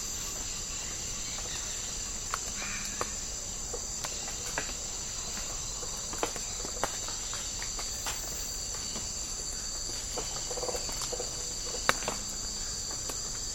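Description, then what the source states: Rainforest insects drone in chorus, an even, shrill, high ringing hum that never pauses, dotted with scattered clicks and faint low tones. Tropical rainforest habitat.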